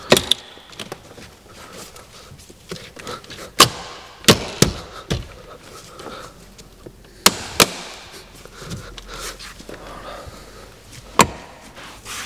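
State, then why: Seated. On a BMW 3 Series F30, after the air vents are repositioned during an Android screen install with CarPlay and Android Auto, the plastic dashboard trim panel is pressed back onto its clip mounts. Loud, sharp snaps ring out at 0.3, 3.6, 4.3, 7.3, 7.6 and 11.2 seconds, with quieter handling noise in between. The trim clips snap home and the panel is seated.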